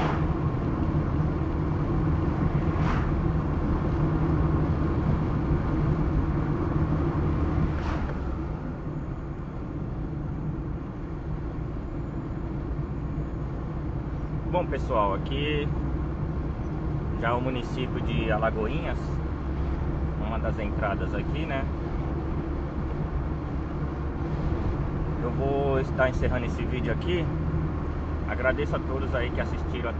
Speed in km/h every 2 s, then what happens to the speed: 73, 74, 73, 75, 77, 76, 75, 53, 55, 58, 61, 63, 65, 66, 69.
0-13 slows to 53.